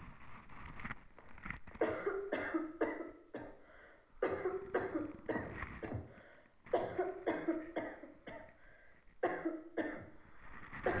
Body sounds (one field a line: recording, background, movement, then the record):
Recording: deep breathing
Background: a bystander coughing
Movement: sitting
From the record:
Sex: female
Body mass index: 18.3 kg/m2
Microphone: on the chest, facing the body